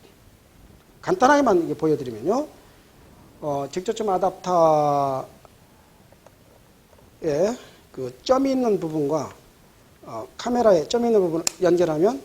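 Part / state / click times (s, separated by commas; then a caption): T-adapter into a camera body bayonet mount / not seated / none. Someone talks while bringing a T-adapter to a camera body's bayonet mount, lining up the dot on the adapter with the dot on the camera before the mount is turned home. Only faint handling taps are heard, around 5.5 s and 6.3 s, in a pause between the speech. Nothing has seated or clicked yet.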